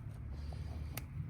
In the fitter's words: boom here's snap always give it a good tug